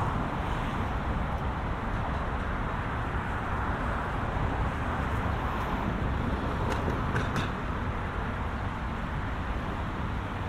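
A walk home from the mall through the suburbs, with a steady, dense rumble of road traffic filling the low end throughout. The roar stays even from start to finish, and a few brief bright clicks or taps stand out around the seventh second.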